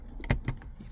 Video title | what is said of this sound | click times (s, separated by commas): Subaru Outback Interior Light Replacement/Upgrade | snaps right in like this just | 0.3 s